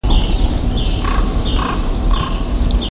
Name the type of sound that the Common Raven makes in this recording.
flight call